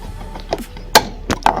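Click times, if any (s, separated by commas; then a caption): 1.0 s. A plastic retaining tab holding a headlight unit in a car's front-end mounting is pushed down and clicks free, releasing it, with a loud sharp click at 0.9 s. Smaller knocks come before it, and more sharp knocks follow at about 1.3, 1.5 and 1.7 s.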